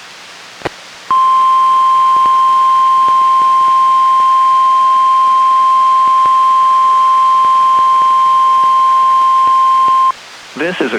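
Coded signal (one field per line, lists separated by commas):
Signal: Emergency Alert System (SAME) tones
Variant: 1050 Hz attention tone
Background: speech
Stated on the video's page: NOAA Weather Radio Required Weekly Test relayed by an Olympia transmitter, received on a Reecom R-1630 weather radio and recorded to a Zoom H1.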